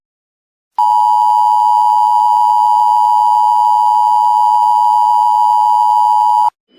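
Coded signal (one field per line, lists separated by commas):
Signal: Emergency Alert System (SAME) tones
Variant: 853 and 960 Hz attention tone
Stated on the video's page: Fictional EAS scenario about an escaped Soviet bioweapon.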